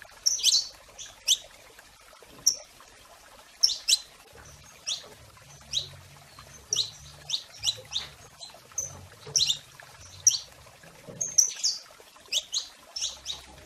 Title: Kenari Portugis